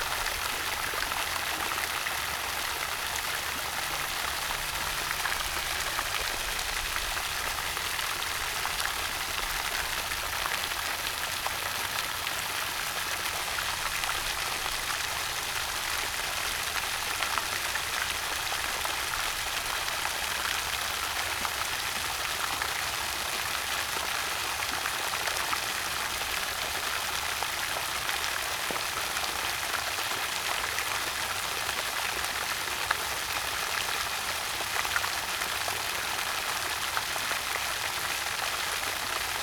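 Water gushes from a spring in a steady, dense hiss that holds the same level for the whole stretch. The sound is bright, with a faint low rumble underneath and no distinct events standing out.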